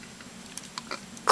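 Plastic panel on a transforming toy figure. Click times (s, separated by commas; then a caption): 1.3 s. A plastic panel on a transforming robot toy figure is brought down and flipped during its conversion, giving a few faint light ticks before a louder click at 1.3 s as it seats into place. No one talks in the clip.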